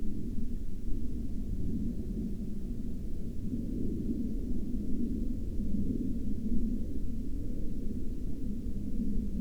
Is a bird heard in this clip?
no